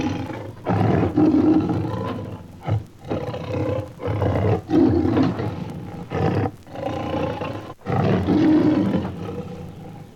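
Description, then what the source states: Lion growling and groaning in several low, rough bursts separated by short gaps. Lion described as restless.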